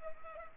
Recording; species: mosquito wingbeat signal from an infrared sensor; Culex pipiens